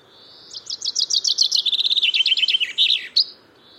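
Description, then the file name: Common chaffinch song: a fast run of bright, sweeping notes that step down in pitch through the phrase and finish with a short sharp flourish, over faint steady hiss. "Fringilla coelebs"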